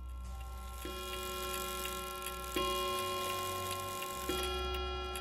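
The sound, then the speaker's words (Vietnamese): A clock ticks at a steady, even pace past midnight over a low continuous hum, with a soft ringing tone swelling up every couple of seconds. No one speaks. “Ngước mắt nhìn đồng hồ lúc này đã là quá 12 giờ đêm.”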